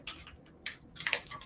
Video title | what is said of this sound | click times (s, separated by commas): Cheese Friday - Tri-State Bacon Jalapeno Muenster Plus a little something else | there we go I heard that snap of the thing here | 1.1 s